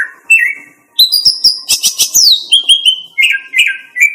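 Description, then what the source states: Greater green leafbird song: varied clear whistles, then after a brief pause a rapid burst of sharp chirps and sliding downward notes, over about four seconds. Female.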